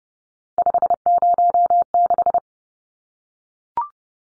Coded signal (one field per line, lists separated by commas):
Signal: Morse code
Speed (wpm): 30 wpm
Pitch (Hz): 700 Hz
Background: none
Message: 506